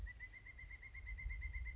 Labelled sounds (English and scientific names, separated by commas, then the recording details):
Pileated Woodpecker (Dryocopus pileatus)
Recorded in Sonoma County, California